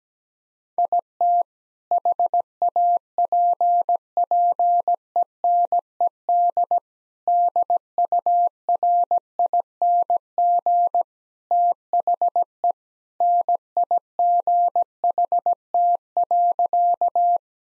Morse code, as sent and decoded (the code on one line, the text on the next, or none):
.. - / .... .- .--. .--. . -. . -.. / -.. ..- .-. .. -. --. / - .... . / -. .. --. .... - .-.-.-
IT HAPPENED DURING THE NIGHT.